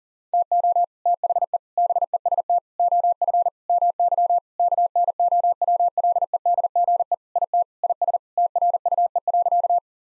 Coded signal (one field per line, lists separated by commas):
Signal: Morse code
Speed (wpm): 40 wpm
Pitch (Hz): 700 Hz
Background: none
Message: TO THE BEST OF MY KNOWLEDGE IT IS TRUE.